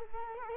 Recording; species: mosquito wingbeat signal from an infrared sensor; Culex quinquefasciatus